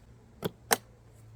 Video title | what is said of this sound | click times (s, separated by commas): Unboxing & Assembling Evolution 15 - ELECTRIC BACKPACK SPRAYER | where it clicks into place | 0.7 s